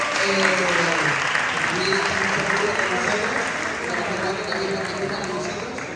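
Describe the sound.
An audience claps steadily for about six seconds, a dense, even wash of applause that fades slightly toward the end, with murmuring voices underneath.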